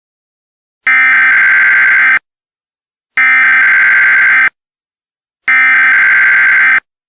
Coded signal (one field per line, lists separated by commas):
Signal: Emergency Alert System (SAME) tones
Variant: header bursts